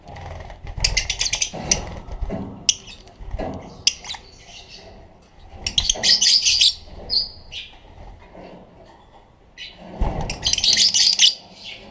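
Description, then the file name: Black-cheeked lovebird making harsh, shrill squawks and chirps in irregular bursts, some longer and louder, against low background rumbling. "canto do periquito de bochechas pretas"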